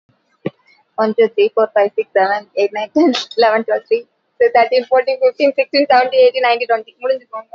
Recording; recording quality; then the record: counting at a fast pace; excellent, no background noise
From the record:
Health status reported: exposed to COVID-19, no respiratory illness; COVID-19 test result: negative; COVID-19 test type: RT-PCR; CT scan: not taken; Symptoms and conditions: none ticked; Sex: female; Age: 24 years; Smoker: no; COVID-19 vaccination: both doses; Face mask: worn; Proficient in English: yes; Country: India